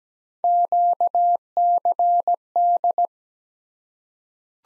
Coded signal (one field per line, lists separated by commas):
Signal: Morse code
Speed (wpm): 17 wpm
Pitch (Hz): 700 Hz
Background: none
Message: QCD